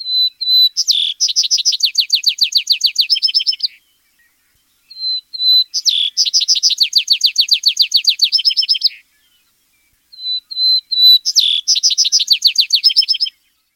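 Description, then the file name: Vesper sparrow singing three songs, each opening with a few clear whistled notes, then a long, high, fast trill of buzzy repeated notes, separated by short silences. "suara vesper sparrow"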